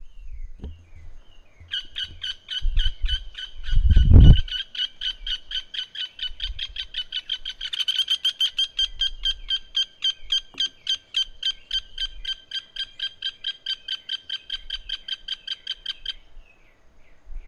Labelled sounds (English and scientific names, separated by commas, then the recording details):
Nubian Woodpecker (Campethera nubica)
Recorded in northern Uganda